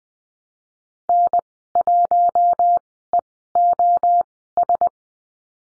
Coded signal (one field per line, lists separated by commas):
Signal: Morse code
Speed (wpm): 20 wpm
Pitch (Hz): 700 Hz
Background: none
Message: N1EOS